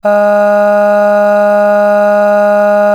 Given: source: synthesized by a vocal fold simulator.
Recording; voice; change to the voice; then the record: sustained vowel; female; aspiration noise (breathiness), level 5 of 10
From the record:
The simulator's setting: 0.82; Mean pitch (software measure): 206 Hz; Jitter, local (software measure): 0.35%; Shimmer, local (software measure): 3.3%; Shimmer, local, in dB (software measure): 0.29 dB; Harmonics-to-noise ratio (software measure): 24.4 dB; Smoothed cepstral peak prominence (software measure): 16.1 dB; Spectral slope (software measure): -21.8 dB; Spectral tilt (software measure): -7.8 dB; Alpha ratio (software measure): -12.3 dB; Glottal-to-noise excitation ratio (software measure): 0.936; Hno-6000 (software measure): 2.1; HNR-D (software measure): 39.3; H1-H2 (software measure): 9.5 dB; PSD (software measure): 2.3e-05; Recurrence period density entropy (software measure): 0.123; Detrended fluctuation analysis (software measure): 0.0273